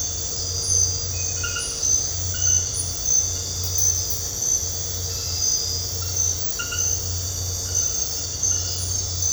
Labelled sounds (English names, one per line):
none